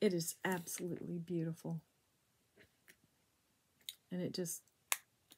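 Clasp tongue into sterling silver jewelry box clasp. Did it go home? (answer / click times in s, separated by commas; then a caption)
yes / 4.9 s. Someone talks while closing the clasp of a sterling silver jewelry box, with the clasp tongue going into the clasp. A few faint ticks follow, then one sharp snap at 4.9 s as the clasp clicks shut and seats.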